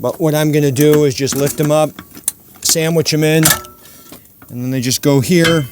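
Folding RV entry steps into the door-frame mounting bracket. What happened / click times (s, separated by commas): The metal steps are being positioned but have not snapped in yet / none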